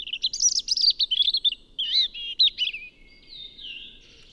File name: Erithacus rubecula